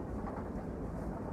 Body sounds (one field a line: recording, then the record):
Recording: background sound without coughing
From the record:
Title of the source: Train Ride Ambience ambient white noise for sleeping, focus, studying, reading